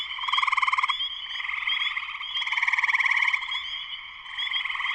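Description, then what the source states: Chorus of spring peepers, high piercing peeps stacked over a throbbing pulsed trill that grows loud in repeated surges. Spring peepers in full chorus shortly after sunset, Sleeping Bear Dunes National Lakeshore, northern Michigan, USA.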